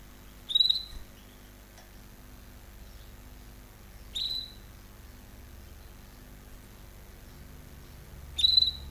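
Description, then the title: Canary giving three short whistled notes about four seconds apart, over faint background hiss. Belgian canary, male, singing a lot; used to train and warm up young birds. "Canary Training Esquente Seu Filhote E Canario Belga Em 30 Minutos Macho Cantando Muito"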